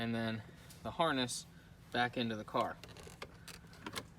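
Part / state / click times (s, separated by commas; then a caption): remote starter harness connector into vehicle wiring socket / seated / 3.2 s, 3.9 s, 4.0 s. Someone talks as the plastic connector of a Start X remote-start harness for a 2016-or-newer Toyota Tacoma H-key system is pushed back into the vehicle's original wiring socket behind the trim. Sharp clicks sound at 3.2, 3.9 and 4.0 seconds as the connector seats tightly.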